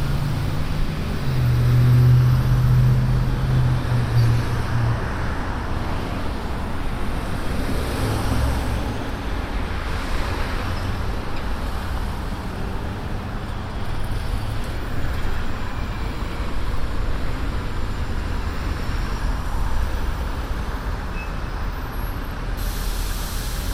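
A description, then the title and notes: Street noise from a bench in the median of a busy avenue, with a steady wash of passing traffic. A heavy vehicle rumbles low in the first few seconds, then the traffic settles into a constant, dense roar for the rest. A binaural field recording sitting on a bench on the medium of broadway at 108th.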